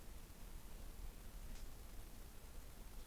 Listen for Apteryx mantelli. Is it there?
no